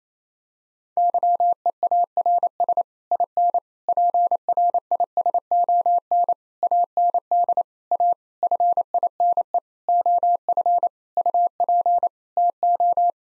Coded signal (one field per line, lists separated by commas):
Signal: Morse code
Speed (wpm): 28 wpm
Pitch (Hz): 700 Hz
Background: none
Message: YEARS IN PRISON AND A FINE OF UP TO